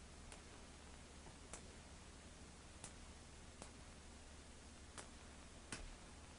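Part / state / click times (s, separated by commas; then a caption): pin tumblers dropping into a cam lock cylinder / seated / 0.3 s, 1.5 s, 2.8 s, 3.6 s, 5.7 s. A pick pushed to the back of a cam lock cylinder, lifting all the pins, is slowly withdrawn one pin at a time. Each metal pin tumbler snaps back down with a small, sharp tick over a steady low hiss. The pins click into place at 0.3, 1.5, 2.8, 3.6 and 5.7 seconds.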